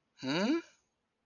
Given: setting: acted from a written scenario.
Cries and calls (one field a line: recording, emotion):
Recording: vocal sound without words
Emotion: confusion